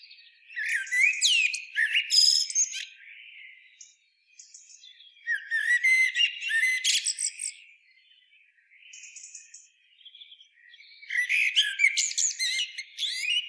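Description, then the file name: Common blackbird song in three phrases a few seconds apart, each a rich fluting warble with squeaky, high-pitched flourishes and soft notes between. "Turdus merula"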